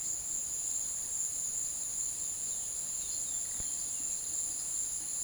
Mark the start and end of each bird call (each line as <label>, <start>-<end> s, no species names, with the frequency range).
bird call (1.8-4.9 kHz), 2.94-4.34 s